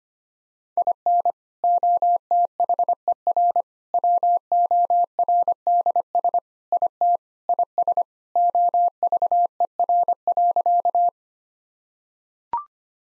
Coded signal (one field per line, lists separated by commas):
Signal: Morse code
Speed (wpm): 25 wpm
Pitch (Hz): 700 Hz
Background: none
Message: IN OTHER WORDS IT IS OVER.